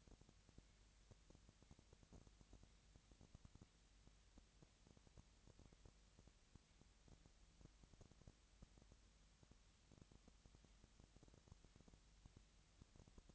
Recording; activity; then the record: daily activity, microphone in the room; no activity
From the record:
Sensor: 3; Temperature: 20.6 degrees Celsius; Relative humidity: 35.7%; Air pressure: 998.8 hPa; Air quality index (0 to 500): 236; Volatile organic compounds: 72 ppm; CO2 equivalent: 3536 ppm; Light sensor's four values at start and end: 2/3/2/2 and 2/3/2/2